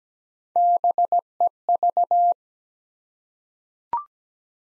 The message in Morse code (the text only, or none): BEV